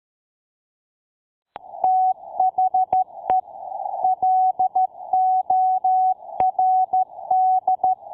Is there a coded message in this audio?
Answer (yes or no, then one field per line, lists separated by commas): yes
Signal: Morse code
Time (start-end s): 1.8-7.9 s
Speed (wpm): 13 wpm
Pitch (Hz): 750 Hz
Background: none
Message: THE LORD